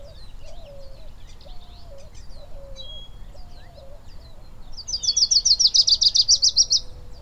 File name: Lucys Warbler